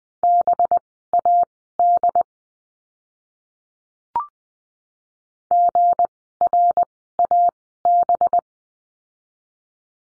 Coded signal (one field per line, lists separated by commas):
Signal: Morse code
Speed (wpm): 20 wpm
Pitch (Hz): 700 Hz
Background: none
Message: BAD GRAB